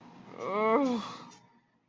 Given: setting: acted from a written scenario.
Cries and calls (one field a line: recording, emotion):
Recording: vocal sound without words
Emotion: guilt